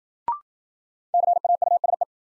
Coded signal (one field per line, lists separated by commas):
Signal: Morse code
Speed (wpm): 53 wpm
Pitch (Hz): 700 Hz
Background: none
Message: CAUSE